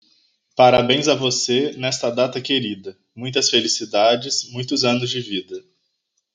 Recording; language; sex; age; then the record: short text; Brazilian Portuguese; male; 30 to 39 years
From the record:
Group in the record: control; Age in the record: 31 years